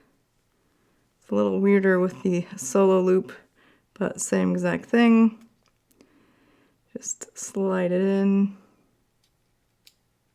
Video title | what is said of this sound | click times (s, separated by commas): Apple Watch Series 8 Unboxing (Starlight, 45mm) | hear that click. And then go ahead and do kind of tug back and forth, make sure it's in there securely. | 9.9 s